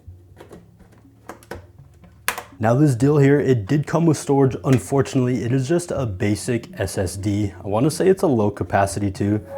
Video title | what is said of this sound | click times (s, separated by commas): I built a cheap Gaming PC, should you? | line it up in the little slots and push down until you hear it click. | 2.3 s